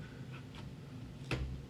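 A LEGO Technic pin connection joins one LEGO Viking village module to the adjacent module. A faint tick sounds at 0.6 s, then a louder, sharp click at 1.3 s as the connection snaps home and seats.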